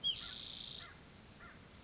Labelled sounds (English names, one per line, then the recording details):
Spotted Towhee
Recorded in Sonoma County, California